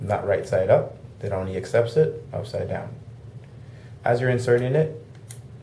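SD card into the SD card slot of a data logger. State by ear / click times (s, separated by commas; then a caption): seated / 5.3 s. An SD card is pushed upside down into the SD card slot of a vehicle data logger while someone talks. A short, sharp click is heard at 5.3 s as the card latches fully into the slot.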